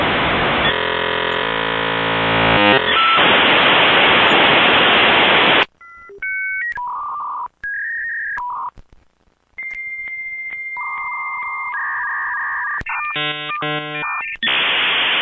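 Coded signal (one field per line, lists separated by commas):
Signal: dial-up modem handshake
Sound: harsh wideband hiss, then a sequence of steady tones and warbles, then hiss again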